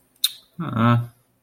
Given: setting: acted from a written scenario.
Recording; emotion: vocal sound without words; neutral